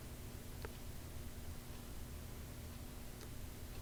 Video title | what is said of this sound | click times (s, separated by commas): Installing the Dell 2335dn fuser maintenance kit, adf pickup and separation pad. | one goes down and the other one goes up and it's snapped in place | 0.6 s